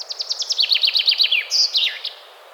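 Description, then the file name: Common chaffinch singing: a rapid cascade of crisp notes drops gradually in pitch and finishes with an emphatic twisting flourish. "Fringilla coelebs"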